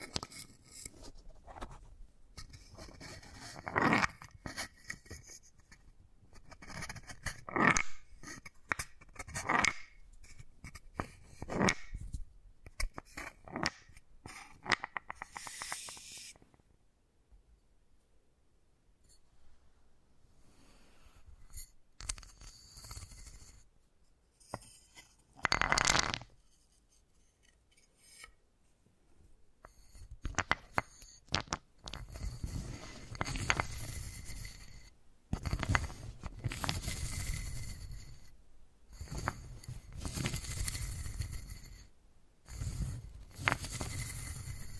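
Wooden balls roll and knock in uneven bursts of rasping, scraping rubs and sharp clicks, busy for the first sixteen seconds. A quieter stretch follows with sparse taps and one loud scrape near 26 seconds, then dense rolling and rubbing returns from about 30 seconds on.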